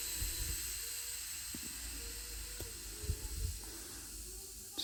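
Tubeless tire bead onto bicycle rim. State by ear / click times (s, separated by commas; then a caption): not seated / none. A burst of air from an airshot tank is fired into a tubeless-ready MTB tire on a UST rim, heard as a steady broadband hiss with a few faint low thumps and a short sharp sound at the very end, around 4.8 s. The tire bead has not seated onto the bicycle rim; there is no pop.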